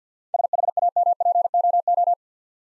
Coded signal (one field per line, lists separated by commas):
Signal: Morse code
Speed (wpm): 53 wpm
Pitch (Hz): 700 Hz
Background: none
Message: SHAMPOO